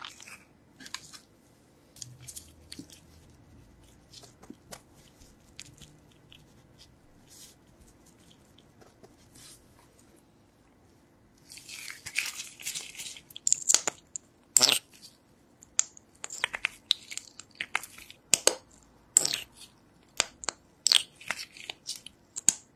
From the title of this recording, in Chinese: 掏耳无人声